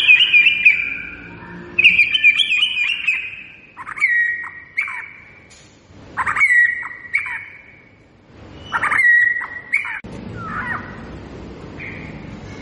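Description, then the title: White-rumped shama song in separate bursts, each a loud whistled phrase with sharp clicking notes, repeated about every two to three seconds, with short quiet gaps between. Lure recording meant to make birds respond; singer described as gacor, lively and singing constantly. "MURAI BATU GACOR"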